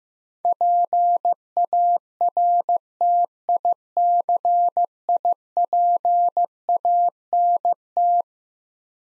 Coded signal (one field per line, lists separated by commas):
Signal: Morse code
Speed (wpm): 15 wpm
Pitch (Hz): 700 Hz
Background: none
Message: PARTICIPANT